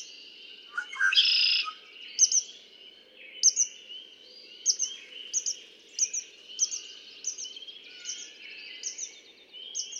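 Red-winged blackbird opens with clipped notes and a strong buzzy trill, followed by a long run of high double chirps.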